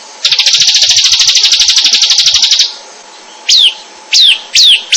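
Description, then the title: Bird song: a long buzzy trill of rapid, evenly repeated high notes for over two seconds, then several loud, sharp downslurred whistles. "SuaraBurung Kicau"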